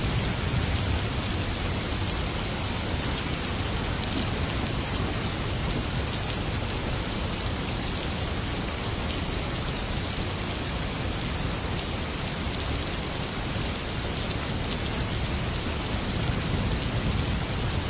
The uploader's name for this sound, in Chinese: 雨声